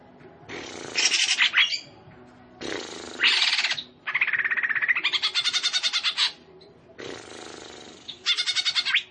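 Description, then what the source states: Leafbird song: bursts of harsh, buzzy and chattering phrases and rapid pulsed trills, separated by short pauses. Indonesian name cucak ijo; described as gacor, singing vigorously.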